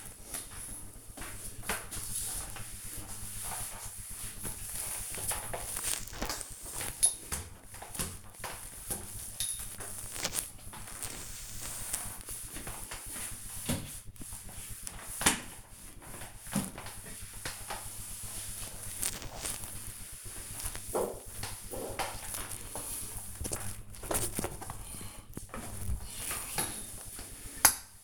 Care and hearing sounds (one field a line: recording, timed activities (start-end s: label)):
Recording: household activities, microphone on the right wrist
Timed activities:
0.00-28.04 s: floor cleaning